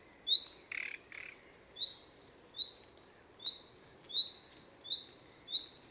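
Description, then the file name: Common nightingale calling with repeated clear rising whistles, with two brief harsh rasping bursts near the start. "Luscinia megarhynchos"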